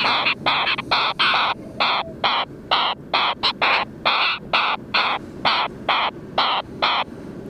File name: Wilsons Storm Petrel Oceanites oceanicus